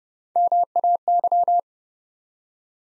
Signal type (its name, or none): Morse code